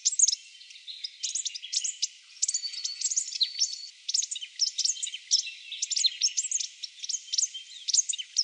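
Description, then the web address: Buff-rumped thornbill giving a continuous stream of high, thin tinkling chips and short twitters, jumbled and rapid throughout. Garden bird in Canberra. "canberra-garden-birds australasian-warblers buff-rumped-thornbill"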